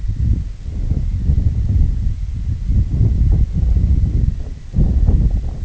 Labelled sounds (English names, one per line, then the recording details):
none
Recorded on Arctic tundra, site IGLO-D, on 25 June 2018
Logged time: 08:00